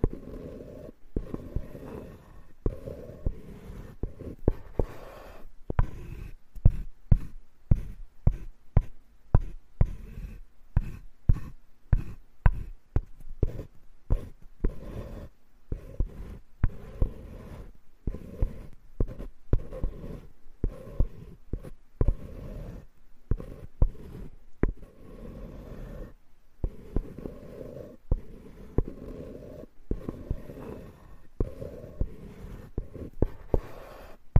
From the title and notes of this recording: This episode is Wood Scraping.